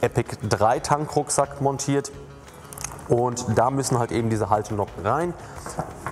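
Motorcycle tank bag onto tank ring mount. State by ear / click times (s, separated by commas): not seated / none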